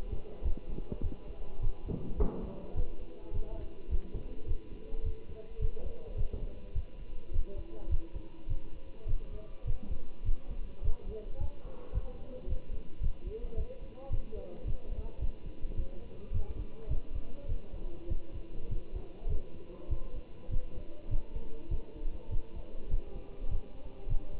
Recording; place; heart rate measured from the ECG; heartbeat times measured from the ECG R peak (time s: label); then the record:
heart sounds by stethoscope; between the tricuspid and mitral areas; 104 bpm
0.44 s: heartbeat
1.03 s: heartbeat
1.62 s: heartbeat
2.18 s: heartbeat
2.76 s: heartbeat
3.34 s: heartbeat
3.91 s: heartbeat
4.48 s: heartbeat
5.05 s: heartbeat
5.61 s: heartbeat
6.17 s: heartbeat
6.75 s: heartbeat
7.33 s: heartbeat
7.91 s: heartbeat
8.49 s: heartbeat
9.08 s: heartbeat
9.66 s: heartbeat
10.25 s: heartbeat
10.84 s: heartbeat
11.40 s: heartbeat
11.94 s: heartbeat
12.49 s: heartbeat
13.02 s: heartbeat
13.57 s: heartbeat
14.12 s: heartbeat
14.67 s: heartbeat
15.21 s: heartbeat
15.77 s: heartbeat
16.33 s: heartbeat
16.90 s: heartbeat
17.49 s: heartbeat
18.10 s: heartbeat
18.70 s: heartbeat
19.29 s: heartbeat
19.90 s: heartbeat
20.51 s: heartbeat
21.11 s: heartbeat
21.71 s: heartbeat
22.31 s: heartbeat
22.91 s: heartbeat
23.50 s: heartbeat
24.09 s: heartbeat
From the record:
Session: Bruce protocol treadmill stress test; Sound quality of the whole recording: good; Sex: male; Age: 25 years